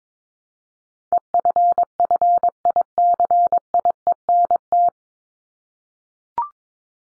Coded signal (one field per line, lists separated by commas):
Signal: Morse code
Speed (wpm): 22 wpm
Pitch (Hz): 700 Hz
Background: none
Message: EFFICIENT